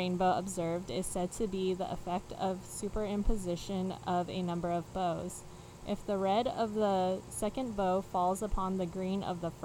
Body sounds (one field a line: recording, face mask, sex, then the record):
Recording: reading aloud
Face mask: none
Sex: female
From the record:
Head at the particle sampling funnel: facing it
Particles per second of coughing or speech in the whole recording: 0.54